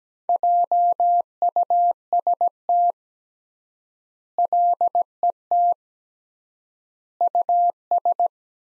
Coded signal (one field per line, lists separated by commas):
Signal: Morse code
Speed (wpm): 17 wpm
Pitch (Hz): 700 Hz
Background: none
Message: JUST LET US